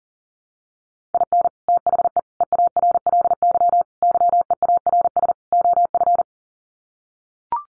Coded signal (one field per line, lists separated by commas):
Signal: Morse code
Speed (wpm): 37 wpm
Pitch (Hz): 700 Hz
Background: none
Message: IN THE EARLY YEARS OF